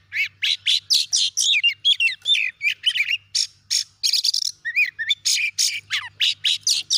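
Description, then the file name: Oriental magpie-robin song: a rapid run of harsh buzzy notes mixed with short whistled slurs, delivered in quick bursts, with a faint low hum underneath. "Suara Kacer"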